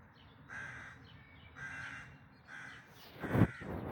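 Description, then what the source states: Bird giving three hoarse caws, followed by a sudden loud low knock near the end. Dawn chorus recorded in May 2026.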